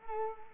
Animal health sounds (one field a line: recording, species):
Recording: mosquito wingbeat signal from an infrared sensor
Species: Culex quinquefasciatus